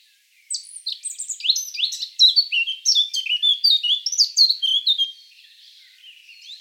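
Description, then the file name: Eurasian blackcap song, a fast jumble of high warbled notes followed by a run of bright, loud whistles, then a quiet fading tail. "Sylvia atricapilla"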